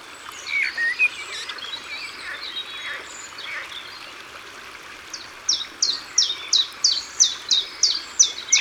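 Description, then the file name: Common chiffchaff song starts after a mix of other birdsong: crisp descending notes repeated evenly, roughly three each second, to the end. Recorded by the water. "Pouillot veloce Au bord de leau"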